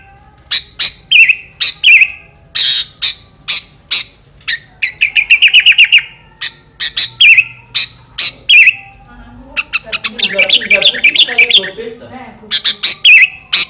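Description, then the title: Sooty-headed bulbul delivering loud, clipped chirps in quick clusters with short rolling trills, pausing briefly between bursts, and a scratchy jumble of notes near the end. "Kutilang"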